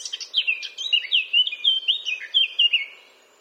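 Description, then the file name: Eurasian blackcap singing a fast, continuous warble of bright whistled notes that slide up and down, ending in a fading fluty phrase. "Sylvia atricapilla"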